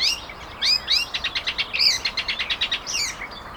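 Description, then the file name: Icterine warbler song: varied phrases of upslurred whistles, then a fast series of repeated notes, then a final twisting whistle. Garching, 16 May 2013. "Gelbspoetter. Garching. Daniel Honold"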